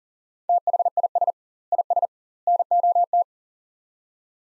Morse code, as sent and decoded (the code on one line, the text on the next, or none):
- .... .. ... / .. ... / -. --- -
THIS IS NOT